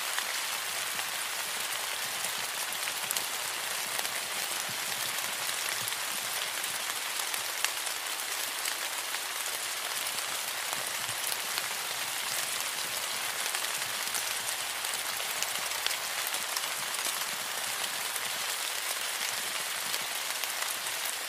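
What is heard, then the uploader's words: A tropical rainstorm pours down steadily, a dense, even hiss of countless drops striking nearby surfaces. The sound is bright and full, with little low rumble, and holds at the same level throughout, with only tiny flickers of individual drops on top. Tropical Rainstorm Sounds.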